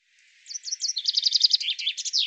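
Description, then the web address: Bird song: a quick run of bright, high chirping notes that speeds into a dense trill and ends in a sweeping, descending flourish. "cianscape birddata Deverinetal 2025 Bird Fr Co"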